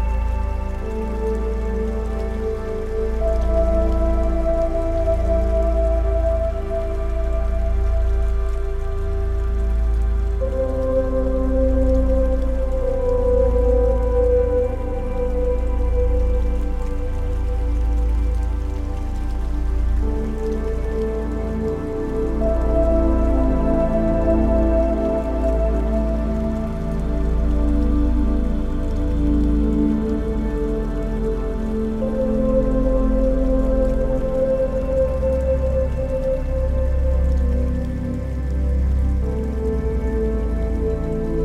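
Slow, sustained music with long held tones drifts over a steady, dense wash of water, loud and even, with a deep low rumble throughout.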